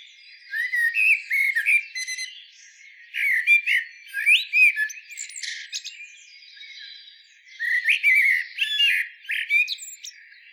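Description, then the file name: Eurasian blackbird song: low mellow fluted whistles, each phrase ending in a squeaky high twitter, three phrase groups separated by pauses. "Turdus merula"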